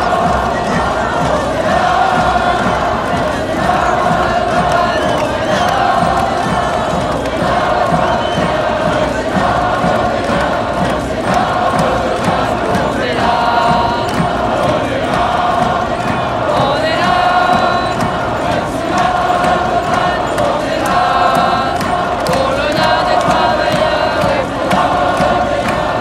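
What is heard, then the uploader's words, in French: Protesters move along inside a police cordon through traffic, their crowd voices forming a dense, steady roar that never lets up. Shouts and chanted calls rise above the mass every few seconds, with sharp, loud knocks and claps scattered throughout. Après la fin officielle de la manifestation à Paris, les manifestant·es se font encadrer par un cordon policier qui les conduit au milieu de la circulation, place de la Madeleine. On occupe spontanément le milieu de la place et on entonne le chant des gilets jaunes : « On est là !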